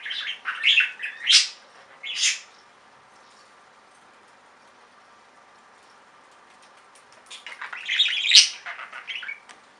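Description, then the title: Budgerigar chirps, a few sharp squawky notes at the start, silence, then a burst of warbling near the end. "Budgie Sounds"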